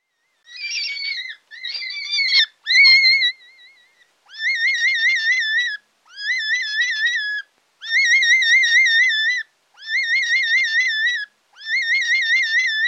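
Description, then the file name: European rabbit giving drawn-out wavering squeals, each a second or more long, repeated in a series with brief silent gaps, rougher cries opening the sequence. "Wildkaninchen Oryctolagus cuniculus"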